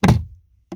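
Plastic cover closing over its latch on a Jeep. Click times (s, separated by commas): 0.0 s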